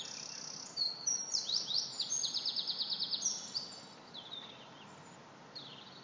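Wren song: a loud, rapid burst of high trills and sharp repeated notes lasting about three seconds, then quieter, with faint bird calls afterward.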